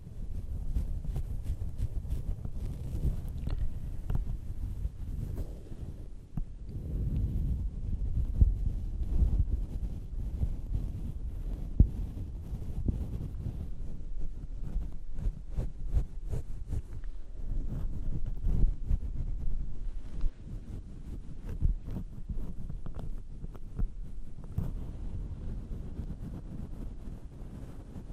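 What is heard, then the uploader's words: Tools rub and press against a fluffy microphone, making deep, muffled rumbling close to the ear, broken by frequent soft clicks and scratchy taps. Tools in your ears for DEEP sounds. Fluffy mic triggers.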